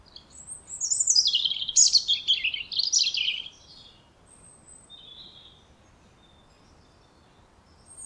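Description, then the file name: European robin singing one high, sweet phrase that slides downward through quick twitters and trills, then fades into near silence with a faint later note. "Erithacus rubecula"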